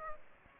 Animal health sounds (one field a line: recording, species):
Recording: mosquito wingbeat signal from an infrared sensor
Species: Aedes aegypti